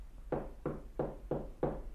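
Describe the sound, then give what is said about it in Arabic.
Five firm knocks land on the door of the house of Dada, a famous midwife, in a steady, evenly spaced rhythm. Each is a dull, hollow thud with a short resonant tail. A visitor is knocking. No voices are heard. “من الذي يدق الباب؟”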